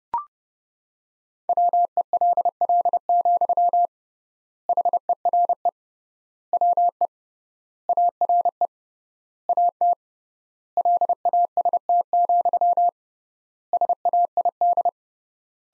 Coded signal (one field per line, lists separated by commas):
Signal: Morse code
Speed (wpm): 30 wpm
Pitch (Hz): 700 Hz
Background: none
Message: WELL, HERE WE ARE AT LAST, SAID